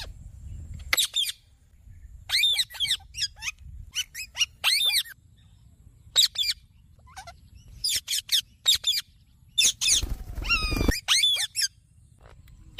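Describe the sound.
Bird calls: rapid scratchy chattering notes in short bursts, with a noisy burst near ten seconds, over low background hum.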